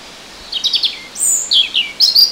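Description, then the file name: European robin song: short bursts of high, thin, twittering notes mixed with clear whistles, delivered in quick, varied phrases. "Erithacus rubecula"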